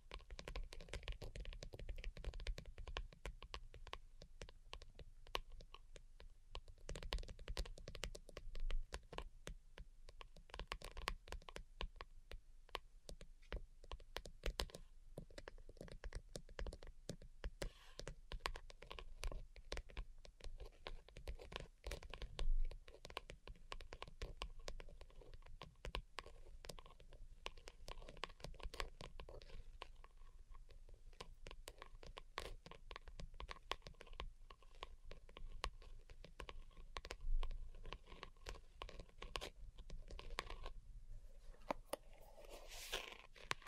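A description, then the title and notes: Delicate tapping goes on without pause, dense quick clicks with scratchy edges over a faint steady hum, with a sharper burst near the end. ASMR DELICATE Tapping for Sleep (No Talking).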